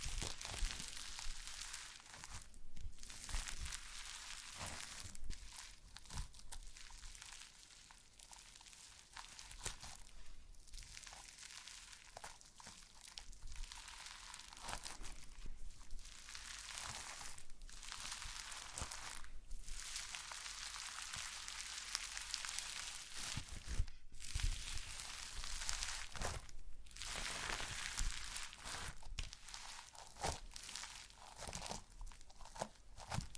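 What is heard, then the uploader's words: Slime being squished and stretched gives a steady stream of bright, wet crackles and pops, broken by short dropouts every few seconds. ASMR SLIME No Talking Satisfying slime Sounds.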